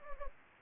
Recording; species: mosquito wingbeat signal from an infrared sensor; Anopheles gambiae